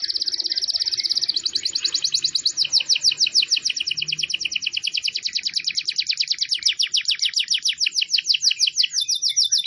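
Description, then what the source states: Domestic canary singing a long, rapid rolling trill, opening with a fast high buzzy phrase and then settling into steady repeated notes, with faint low background noise. Bird lure recording (pikat burung) of canary song.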